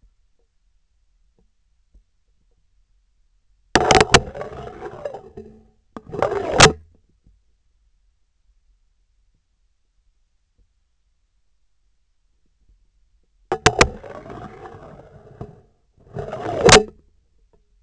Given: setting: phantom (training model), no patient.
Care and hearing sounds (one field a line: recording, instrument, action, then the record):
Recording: laparoscopic instrument, vibration sensor on the handle end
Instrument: scissors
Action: insertion and removal through the trocar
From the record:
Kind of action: spatial motion